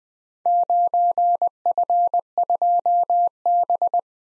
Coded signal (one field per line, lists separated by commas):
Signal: Morse code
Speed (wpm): 20 wpm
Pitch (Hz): 700 Hz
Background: none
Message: 9F2B